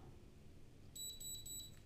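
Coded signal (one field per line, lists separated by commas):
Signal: beep code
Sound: a short run of high-pitched electronic beeps, pulsing, in a quiet room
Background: quiet room hum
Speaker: voyez, vous avez entendu 3 petits bips. Ces 3 petits bips indiquent que l'appareil est bien connecté à ma peau. On a 1, 2 ou 3 bips en fonction justement du taux d'humidité de la peau.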